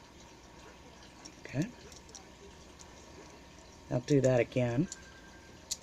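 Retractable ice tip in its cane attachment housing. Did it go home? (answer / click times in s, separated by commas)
yes / 5.7 s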